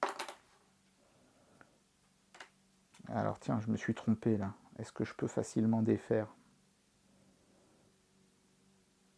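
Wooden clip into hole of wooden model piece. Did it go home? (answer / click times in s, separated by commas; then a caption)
yes / 0.0 s. A small wooden clip on a wooden model piece is pushed into its hole until it clicks, as the marking on the piece indicates, and it seats with a sharp click at 0.0 s. A few quieter taps and knocks follow around 0.2, 1.6 and 2.4 s. Someone then talks, noting the clip was put in the wrong place.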